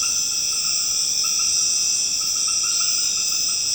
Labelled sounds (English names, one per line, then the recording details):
none
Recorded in secondary vegetation near Puerto Asís, Putumayo, Colombia, on 12 March 2025 at 20:00
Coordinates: 0.485, -76.322
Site G040